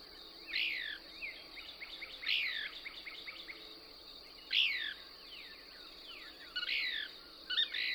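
Couch's Kingbird song: several loud, sharp swept notes at uneven intervals over a soft background of twittering calls and a steady high insect-like hum.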